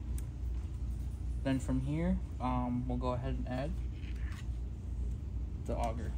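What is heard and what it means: A plastic guide is pushed back into place in the developer unit housing of a Xerox AltaLink C8000 Series copier while the developer unit is being reinstalled, giving a single sharp snap at 0.2 s. The guide seats, and then someone talks over a low steady rumble.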